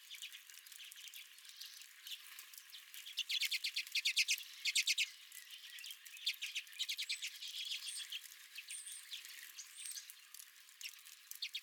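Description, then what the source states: Redpolls giving soft twitters, then a louder run of quick chattering trills in the middle, fading back to scattered notes. Several redpolls at the recordist's feeder.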